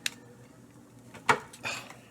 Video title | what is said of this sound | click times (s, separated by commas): Art Nouveau Lamp Restoration Part Two | are you ready for the reassuring snap listen for it wasn't | none